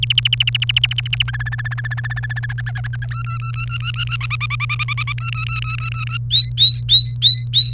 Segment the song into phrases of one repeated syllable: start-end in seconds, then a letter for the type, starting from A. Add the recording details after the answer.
0.03-1.23 A, 1.28-2.46 B, 2.49-3.06 C, 3.11-4.16 D, 4.21-5.12 E, 5.18-6.17 D, 6.31-7.73 F. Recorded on 1 May 2018 at 11:32. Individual llb3